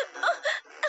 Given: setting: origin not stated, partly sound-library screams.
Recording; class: one-second piece from a danger detection set; woman in danger